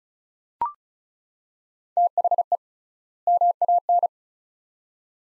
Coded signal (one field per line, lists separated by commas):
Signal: Morse code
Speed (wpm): 36 wpm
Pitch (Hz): 700 Hz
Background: none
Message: THE MAN